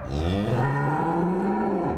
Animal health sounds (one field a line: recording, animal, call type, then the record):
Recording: contact call of a hoofed animal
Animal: cattle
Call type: low-frequency (closed-mouth) or high-frequency (open-mouth) call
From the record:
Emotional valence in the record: negative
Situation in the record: full separation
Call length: 1.97 s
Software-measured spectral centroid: 1180 Hz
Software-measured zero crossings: 1010 a second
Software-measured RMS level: -24 dBFS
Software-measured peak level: -13 dBFS